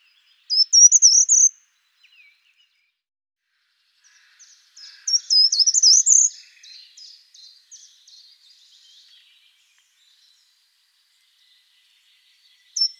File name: certhia brachydactyla